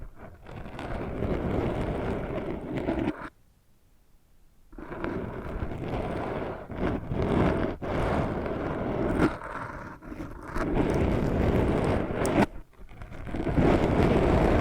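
Ear scratching rasps in dense, rough strokes, dropping to near silence around three to five seconds, then resuming with brief pauses throughout.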